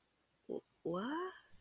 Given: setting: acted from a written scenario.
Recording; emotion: vocal sound without words; confusion